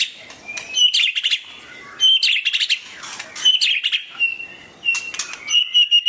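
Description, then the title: Oriental magpie-robin song of high, thin whistled notes alternating with bursts of sharp rattling chatter, repeated several times. "Kicau Kacer"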